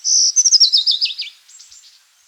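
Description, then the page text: Rufous-winged fulvetta song: a long high whistled note followed by a fast run of descending, looping high notes, then a softer trailing phrase. Calls and song. "Rufous-Winged Fulvetta Calls and Song. Quick Sounds"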